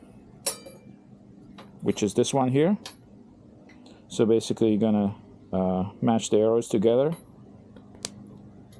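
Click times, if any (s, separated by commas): 8.0 s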